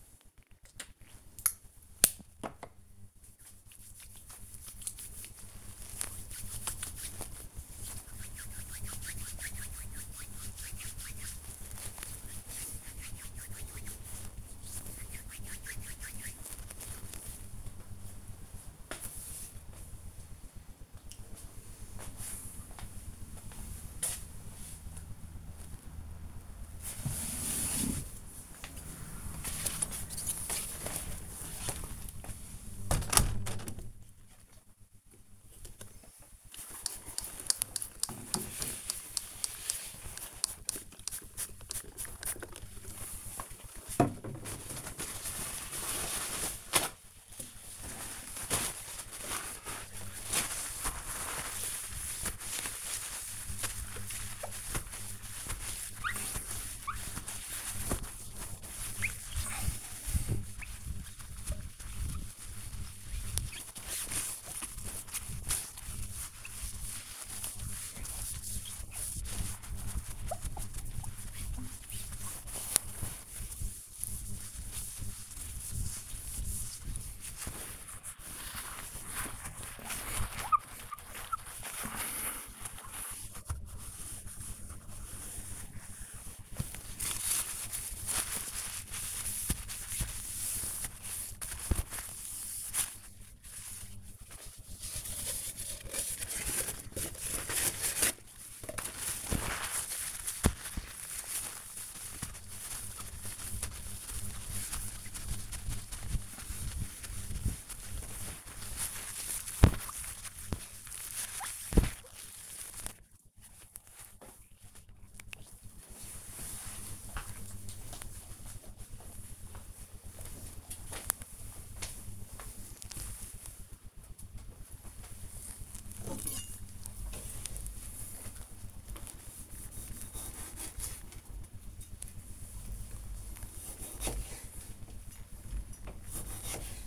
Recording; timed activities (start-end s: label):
household activities, microphone on the right wrist
0.00-16.61 s: disinfecting hands
33.72-114.23 s: window cleaning
124.29-136.87 s: cutting vegetables